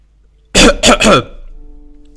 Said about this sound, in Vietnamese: Sau khi đối phó với Liễu Đình Đình, Diệp Thiên nhìn thấy mọi người trong phòng đang há hốc nhìn mình, không khỏi ho khan một tiếng, nói với Cung Tiểu Tiểu.